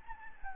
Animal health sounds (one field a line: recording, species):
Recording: mosquito wingbeat signal from an infrared sensor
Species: Anopheles gambiae